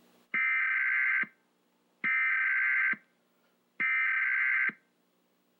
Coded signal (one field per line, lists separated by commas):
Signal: Emergency Alert System (SAME) tones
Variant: header bursts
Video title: Emergency Alert System